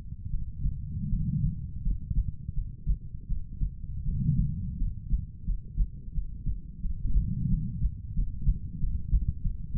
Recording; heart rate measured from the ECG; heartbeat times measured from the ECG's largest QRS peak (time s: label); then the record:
heart sounds by stethoscope; 86 bpm
0.29 s: heartbeat
1.08 s: heartbeat
1.82 s: heartbeat
2.53 s: heartbeat
3.26 s: heartbeat
4.03 s: heartbeat
4.76 s: heartbeat
5.44 s: heartbeat
6.12 s: heartbeat
6.80 s: heartbeat
7.48 s: heartbeat
8.13 s: heartbeat
8.78 s: heartbeat
9.41 s: heartbeat
From the record:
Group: healthy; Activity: cold pressor test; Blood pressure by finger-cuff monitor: 127/74 mmHg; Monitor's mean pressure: 91 mmHg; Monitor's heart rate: 83 bpm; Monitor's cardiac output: 7.1 L/min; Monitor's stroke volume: 87 mL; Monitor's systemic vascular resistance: 940 dyn s/cm5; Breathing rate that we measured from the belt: 19 breaths a minute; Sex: female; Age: 23 years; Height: 160 cm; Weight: 50.4 kg